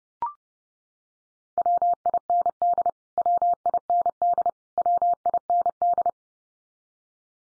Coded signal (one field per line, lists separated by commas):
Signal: Morse code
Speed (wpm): 28 wpm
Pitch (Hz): 700 Hz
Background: none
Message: WIND WIND WIND